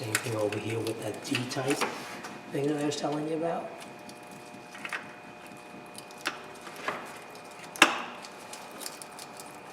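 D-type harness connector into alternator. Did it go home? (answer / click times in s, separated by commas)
yes / 7.8 s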